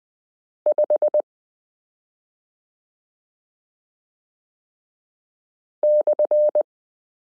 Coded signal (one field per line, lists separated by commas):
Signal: Morse code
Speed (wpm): 20 wpm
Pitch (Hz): 600 Hz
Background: none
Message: 5 /